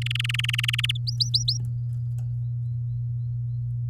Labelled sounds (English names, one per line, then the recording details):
Domestic Canary song
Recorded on 8 May 2018 at 07:08
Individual llb16